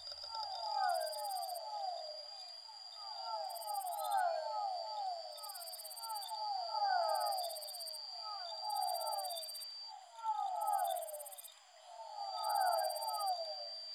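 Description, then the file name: Fischer's dwarf frog calls, falling nasal whines repeated in overlapping clusters, with short bursts of high buzzing recurring regularly. Soundscape composition built from amphibian vocalizations. "soundscape with amphibian vocalizations of physalaemus fischeri"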